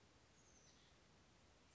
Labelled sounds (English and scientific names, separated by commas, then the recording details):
Oak Titmouse (Baeolophus inornatus)
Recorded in Sonoma County, California